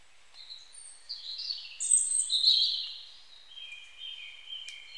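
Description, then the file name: European robin: soft opening notes swelling into a high jumbled warble, then steady thin whistled notes at the end. "Erithacus rubecula"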